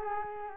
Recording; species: mosquito wingbeat signal from an infrared sensor; Culex quinquefasciatus